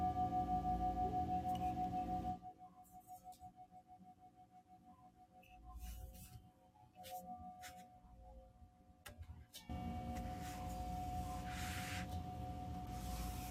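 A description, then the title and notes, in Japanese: A singing bowl holds a steady, pure ringing tone near the middle pitch throughout, with a low hum beneath it. The first two seconds and the stretch after ten seconds are fuller and louder, while the quieter middle brings soft pulsing and scattered small clinks and taps. メキシコから シンギングボウルのサウンドヒーリング ライブ。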